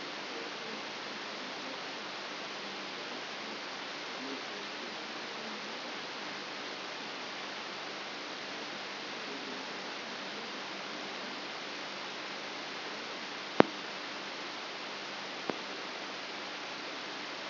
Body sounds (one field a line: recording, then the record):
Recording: brain microelectrode recording played as sound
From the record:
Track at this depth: outside the subthalamic nucleus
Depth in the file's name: 6.101 mm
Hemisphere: left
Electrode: 3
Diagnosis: Parkinson's disease